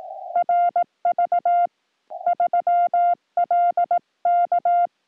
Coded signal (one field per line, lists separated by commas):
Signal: Morse code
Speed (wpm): 17 wpm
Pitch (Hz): 3500 Hz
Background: music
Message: RV3L K